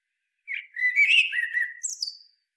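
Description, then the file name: Eurasian blackbird singing one short phrase, mellow whistled warbling notes that finish in a high, scratchy squeak. "Turdus merula"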